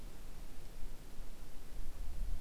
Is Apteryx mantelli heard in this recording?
no